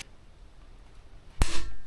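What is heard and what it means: A click-type torque wrench set to 250 Nm tightens a crankshaft-area bolt on a 2.7L TDV6 Land Rover diesel engine during a 90-degree angle step, after a first stage of 100 Nm. After quiet low rumble, a single sharp metallic click sounds at 1.4 s and rings out briefly. The click confirms the 250 Nm minimum was reached before the 90 degrees were finished.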